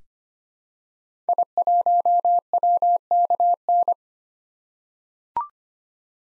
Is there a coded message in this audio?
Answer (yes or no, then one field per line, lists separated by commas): yes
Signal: Morse code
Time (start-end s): 1.3-3.9 s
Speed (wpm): 25 wpm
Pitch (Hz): 700 Hz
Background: none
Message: I1WKN